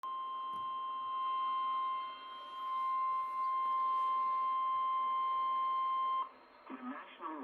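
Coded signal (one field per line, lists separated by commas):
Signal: Emergency Alert System (SAME) tones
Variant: 1050 Hz attention tone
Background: speech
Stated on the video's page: Severe thunderstorm EAS alert near Brownsville, received on KURV 710 AM, Texas.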